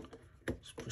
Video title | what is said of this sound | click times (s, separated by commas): Falcon F16V3 Pixel Controller + Expansion Board Bud Box Build | are in the board so let's push it down in there until it clicks in and | 0.5 s